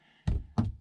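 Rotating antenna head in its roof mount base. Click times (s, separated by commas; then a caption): 0.3 s, 0.6 s. A plastic antenna head is turned in its RV roof antenna mount after the release button is pressed, and it locks into position. Two dull thunk-like clicks sound at 0.3 s and 0.6 s, the second louder, over a faint steady background hum. The antenna head is locked in place.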